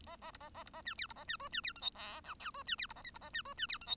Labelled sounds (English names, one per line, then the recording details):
Bengalese Finch song
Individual Bird1